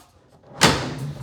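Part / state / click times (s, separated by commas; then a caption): wooden drawer box onto undermount drawer slides / seated / 0.6 s. A wooden hamper drawer box is lowered onto undermount drawer slides and pushed up evenly until the locking clips engage. A sharp click at 0.6 s rings out briefly. The drawer is seated, and the back is checked to make sure it doesn't pull off.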